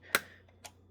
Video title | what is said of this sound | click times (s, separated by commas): DELL OptiPlex 7470 AIO Series CPU Thermal Paste PTM7950 Application Reassembly (Not a Disassembly) | And you know that the screw's all the way out when you hear it click. | 0.1 s